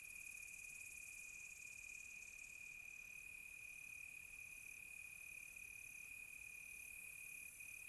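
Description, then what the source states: Crickets trilling steadily, one continuous high tone with fainter higher pulsing calls above, an unbroken insect chorus throughout. Quiet tropical night; crickets close.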